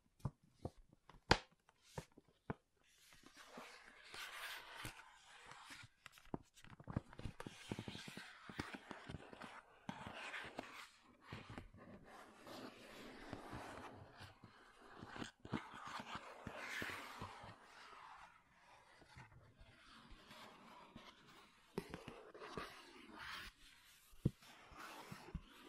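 Makeup tapping and scratching: sharp taps land irregularly from the start, some loud and crisp, mixed with soft, hissy scratching that runs in bursts through most of the clip. The scratches swell and fade every few seconds, with brief quiet gaps around 20 seconds.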